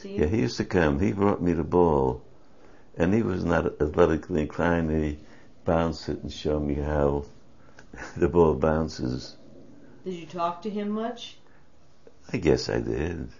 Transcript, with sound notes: Yeah, he used to come, he brought me the ball. And he was not athletically inclined, and he bounced it and showed me how - (laughs) the ball bounces.
Did you talk to him much.
I guess I did.